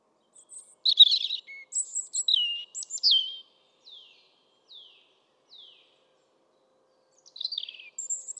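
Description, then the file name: European robin singing a varied twittering phrase, then three soft, well-spaced descending ticks, and a final high warble near the end. "Erithacus rubecula"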